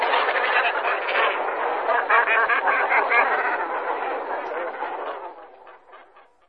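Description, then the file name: Great cormorant uttering loud, grating, guttural calls in a continuous rough stream that fades away over the last seconds. "aalscholver"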